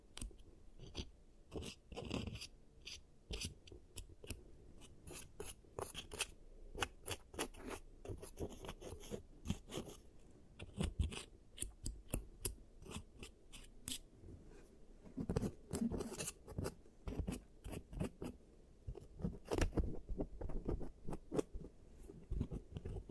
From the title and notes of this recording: Giant Teeth Treatment, Fixing Your Cavities. (No Talking).